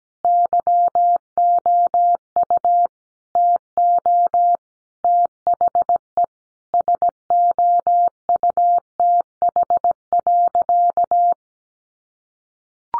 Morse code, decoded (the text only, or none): YOU TO THE SOUTH.